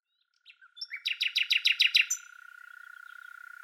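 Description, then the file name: Common nightingale phrase: a few soft introductory notes swelling into a loud run of several repeated throbbing notes. "Luscinia megarhynchos"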